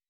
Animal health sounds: hydrophone in a shrimp aquaculture tank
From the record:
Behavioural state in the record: weakened

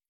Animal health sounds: hydrophone in a shrimp aquaculture tank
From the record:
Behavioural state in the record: stressed

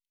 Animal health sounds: hydrophone in a shrimp aquaculture tank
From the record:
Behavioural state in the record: normal

